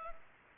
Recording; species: mosquito wingbeat signal from an infrared sensor; Culex pipiens